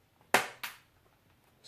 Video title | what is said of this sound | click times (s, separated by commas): Yoga Pro 2 WiFi card replacement upgrade | sure it snaps into place snap | 0.3 s